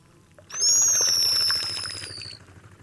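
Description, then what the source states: Pigeon guillemot call: a single long, thin, high whistle that slides gently downward for nearly two seconds over low rumbling background. Recorded at Glacier Bay.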